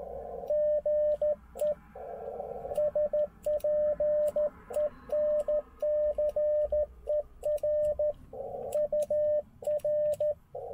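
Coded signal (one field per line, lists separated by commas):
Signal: Morse code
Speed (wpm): 13 wpm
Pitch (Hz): 600 Hz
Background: radio noise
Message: GE SPENCER UR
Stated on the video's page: Slow QRS CW at 13 WPM during a POTA park activation, offered as Morse practice.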